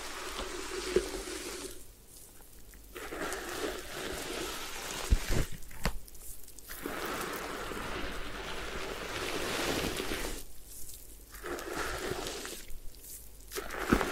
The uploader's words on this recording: Head Spa Hair Wash, Massage, Ear Cleaning (No Talking).